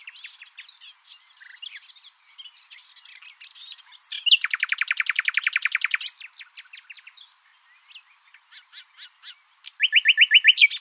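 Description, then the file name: Common nightingale song: soft high whistles, a loud sustained rapid trill, scattered clicks, then another fast bright trill at the end. "Luscinia megarhynchos"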